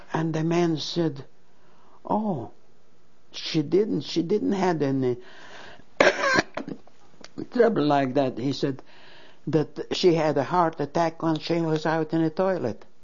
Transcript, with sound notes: and the man said, "Oh, she didn't. She didn't have any ( she coughs ) trouble like that." He said that she had a heart attack when she was out in the toilet.